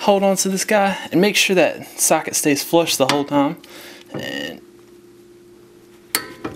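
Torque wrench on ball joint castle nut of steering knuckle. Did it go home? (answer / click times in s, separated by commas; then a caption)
yes / 6.1 s. A torque wrench with a universal joint tightens the ball joint castle nut on a Honda Civic steering knuckle to 35 ft-lbs. Someone talks at first, then a low steady hum runs under quiet tightening. The wrench clicks sharply at its setting at 6.1 s, with a softer click after.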